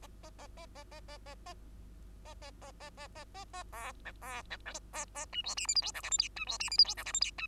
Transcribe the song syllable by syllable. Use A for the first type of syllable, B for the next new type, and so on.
A A A A A A A A A A A A A A A A A B C B C A A D E F G H I J K L M D E F G H I J K L M D